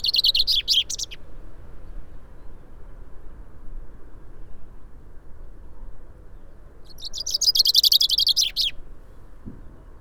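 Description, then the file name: Common chaffinch song: the tail end of one phrase, a long pause, then another full cascading phrase of rapid descending notes with a closing flourish; low hum throughout. "Fringilla coelebs"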